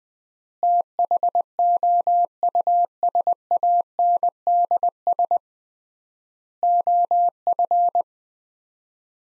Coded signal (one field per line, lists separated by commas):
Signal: Morse code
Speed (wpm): 20 wpm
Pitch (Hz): 700 Hz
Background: none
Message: THOUSANDS OF